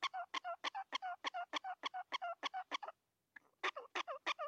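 Prairie dog uttering fast repeated chirp-barks, pausing briefly midway and then resuming the same quick rhythm.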